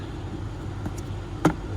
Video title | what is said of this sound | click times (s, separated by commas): 2018 Hyundai Tucson How to Replace Cabin Air Filter | in here, and then we just turn it clockwise to lock it in. You hear it click. | 1.5 s